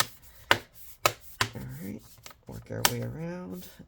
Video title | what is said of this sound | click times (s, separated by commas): HP Laptop 15t-dy100 Disassembly RAM SSD Hard Drive Upgrade Battery Replacement Repair Quick Look | and I'm going to have to wash my hands but get that all clicked back in | 0.0 s, 0.5 s, 1.1 s, 1.4 s